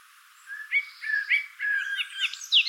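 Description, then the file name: Common blackbird song phrase: several low fluty whistled notes in quick succession, closing with a brief high squeaky flourish. "Turdus merula"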